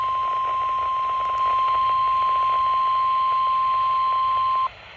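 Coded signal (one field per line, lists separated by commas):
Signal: Emergency Alert System (SAME) tones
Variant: 1050 Hz attention tone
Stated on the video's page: Severe thunderstorm warning EAS alert from NOAA Weather Radio station KXI93.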